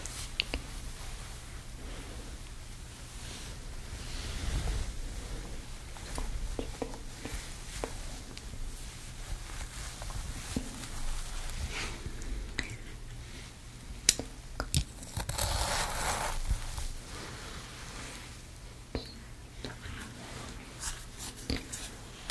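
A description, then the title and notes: Soft hair-styling sounds: irregular brushing and rustling strokes, scattered sharp clicks, and a brief hissy burst near sixteen seconds over a low hum. Gentle Hair Styling. Brushing, Shampoo, Blowdry, Scissors, Flat Iron.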